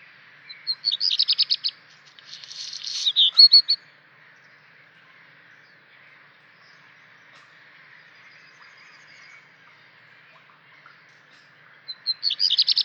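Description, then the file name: Black redstart calling with dry, scratchy crackling bursts of rapid clicking notes. Two bursts come close together early on and a third near the end, over a faint steady hiss. "svart rodstjart"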